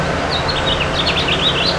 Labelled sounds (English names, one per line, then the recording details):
House Finch song
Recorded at Patchogue on Long Island, New York, on 21 June 2013
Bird B